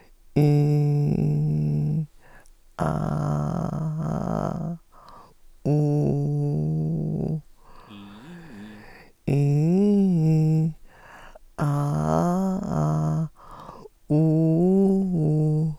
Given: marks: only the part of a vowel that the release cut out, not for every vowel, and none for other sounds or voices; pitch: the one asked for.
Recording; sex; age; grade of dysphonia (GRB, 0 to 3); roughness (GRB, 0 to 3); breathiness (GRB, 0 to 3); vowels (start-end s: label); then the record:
sustained vowels; female; 50 to 59 years; 3; 2; 3
0.50-1.89 s: vowel /i/, low pitch
2.91-4.56 s: vowel /a/, low pitch
5.76-7.26 s: vowel /u/, low pitch
9.41-10.59 s: vowel /i/, low-high-low pitch
11.71-13.11 s: vowel /a/, low-high-low pitch
14.19-15.59 s: vowel /u/, low-high-low pitch
From the record:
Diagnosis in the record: recurrent laryngeal nerve paralysis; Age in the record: 54 years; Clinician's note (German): Beidseitige